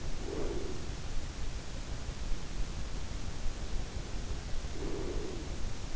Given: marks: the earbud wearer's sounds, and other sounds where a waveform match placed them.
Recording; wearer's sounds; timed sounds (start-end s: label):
sounds in sleep by an in-ear microphone; breath
0.02-1.12 s: breath
4.57-5.96 s: breath